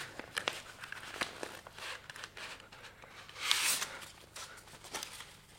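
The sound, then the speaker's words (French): Crisp crackles and rustles of a piece of paper, found tucked at the last page of a book, being unfolded: a series of sharp crinkly snaps with a louder, longer rustle midway, then quieter crinkles trailing off. No voices. “Il le déplia et les mots qu'il lut lui sautèrent au visage comme autant d'insultes.”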